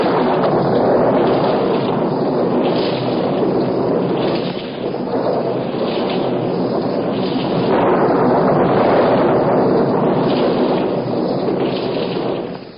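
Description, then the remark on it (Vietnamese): A loud, continuous storm roar of rushing wind and deep rumbling thunder, surging in repeated swells for several seconds before cutting off abruptly. No voices. “Chúng gây ra một trận bão khủng khiếp và phóng những tia sấm sét xuống quanh Ngài.”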